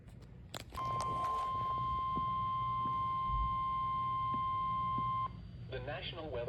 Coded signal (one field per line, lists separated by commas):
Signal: Emergency Alert System (SAME) tones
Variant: 1050 Hz attention tone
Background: speech